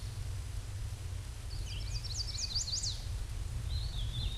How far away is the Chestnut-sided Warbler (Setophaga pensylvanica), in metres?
about 30 m